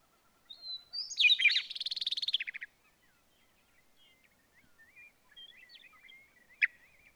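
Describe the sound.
Bird song: a high whistle, tumbling notes, then a fast dry trill, followed by soft scattered chirps and one sharp note.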